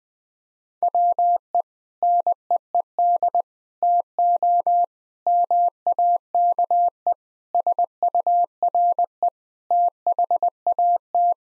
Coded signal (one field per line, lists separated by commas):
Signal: Morse code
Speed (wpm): 20 wpm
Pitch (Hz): 700 Hz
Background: none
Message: WE NEED TO MAKE SURE THAT